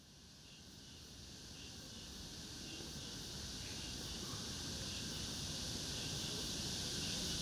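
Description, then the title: Cicadas buzzing in a high, faintly pulsing drone that swells steadily louder throughout, with low background hum. Recorded in summer at Yangjae Citizens Forest, Seocho-gu, Seoul, South Korea. "대한민국 서울특별시 서초구 양재2동 235-1-Yangjae Citizens Forest, Summer, Cicada"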